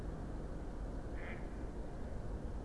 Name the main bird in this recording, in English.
Mallard